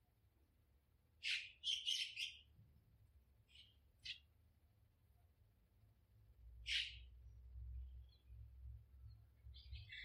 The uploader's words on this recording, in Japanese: 毎朝庭で聞こえる鳥の声を録音しました。